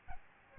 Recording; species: mosquito wingbeat signal from an infrared sensor; Aedes albopictus